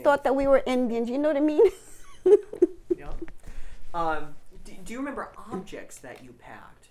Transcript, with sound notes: They thought that we were Indians, you know what I mean? (laughing)
Yeah. Do you remember objects that you packed?